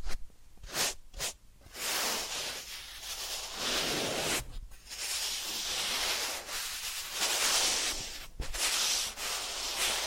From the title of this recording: Massage, Ear Cleaning and Spa